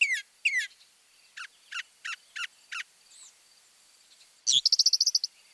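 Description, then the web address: Northern mockingbird song: two slurred notes, then a run of five repeated down-slurred whistles, ending in a fast, high rattling trill. Mimicry. "Birding by Ear, Eastern and Central North America - Peterson Guides. Northern Mockingbird"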